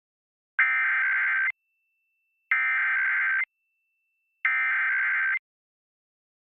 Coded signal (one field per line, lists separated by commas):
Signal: Emergency Alert System (SAME) tones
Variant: header bursts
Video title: EAS Alabama Required Monthly Test on Alabama Public Television (PBS)